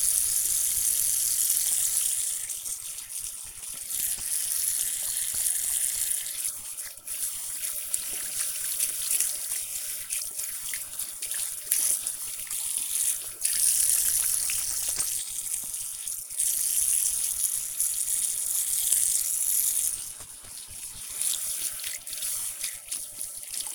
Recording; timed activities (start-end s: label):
household activities, microphone on the right wrist
0.00-23.75 s: washing hands